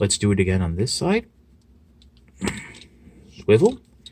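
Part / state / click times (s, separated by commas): plastic arm section into the transforming robot toy's torso / not seated / none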